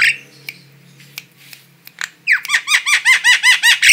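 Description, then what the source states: Starling calls: soft clicks over a low hum, then a fast, steady string of about ten squeaky, hooked notes, each dipping in pitch. Female starling.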